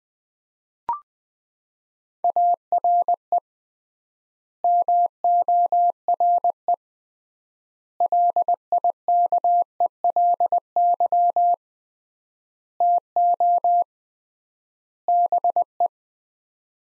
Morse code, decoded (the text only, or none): ARE MORE LIKELY TO BE